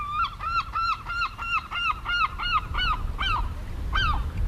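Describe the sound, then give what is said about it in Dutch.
A herring gull gives a rapid series of about ten nasal, yelping calls with harmonic overtones, evenly spaced, then two more after a pause, over a low rumbling background. “Dat is duidelijk volgens mij hoger dan wat je net hoorde van die kleine mantel.”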